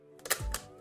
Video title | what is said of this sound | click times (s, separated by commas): Canon 50mm F1.8 Lens Unboxing and First Impressions | all right all right clicked into place | 0.3 s, 0.5 s